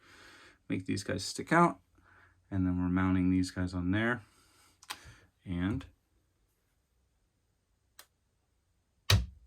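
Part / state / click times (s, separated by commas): magnetic catch on a cabinet door / seated / 9.1 s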